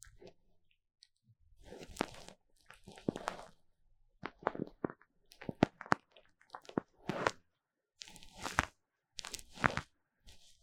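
Foam rubbed and squeezed against the ear in short crackly, crunchy bursts every second or so, with brief silent gaps between them.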